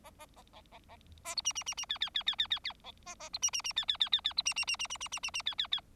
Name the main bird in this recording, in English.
Bengalese Finch